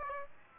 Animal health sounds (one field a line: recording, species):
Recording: mosquito wingbeat signal from an infrared sensor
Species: Aedes aegypti